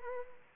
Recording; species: mosquito wingbeat signal from an infrared sensor; Anopheles arabiensis